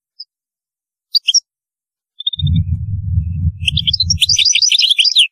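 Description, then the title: European goldfinch high twitters and a fast tinkling trill near the end, overlapping a steady low rumbling noise for about two seconds. "Chant Chardonneret"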